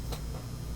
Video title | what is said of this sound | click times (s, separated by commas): Concealed Hinge RY-80 x AWS x Black – RockYork Hardware Review | They simply are going to snap in place | 0.1 s